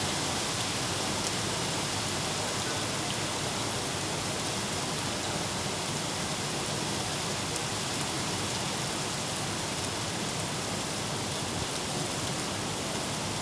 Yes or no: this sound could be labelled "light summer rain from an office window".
yes